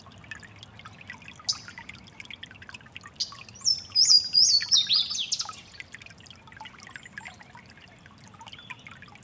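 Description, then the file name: Louisiana waterthrush sings one bright phrase of ringing slurred whistles ending in a tumbling twitter, set against constant flowing water and scattered faint chips. Giant City Creek, March 29. "LAna Waterthrush Giant City Creek March 29 th"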